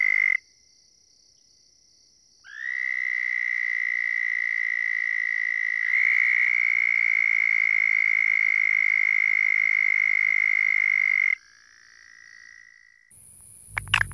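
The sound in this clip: Southern toad trills: a short trill cut off, a pause, then a long, even, high buzzy trill of about nine seconds. It ends in a softer fading trill, then a brief noisy rattle.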